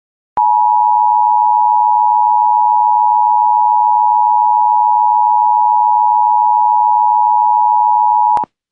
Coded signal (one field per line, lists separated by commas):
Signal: Emergency Alert System (SAME) tones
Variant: 853 and 960 Hz attention tone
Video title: Forgotten SVR for Union NC EAS #1075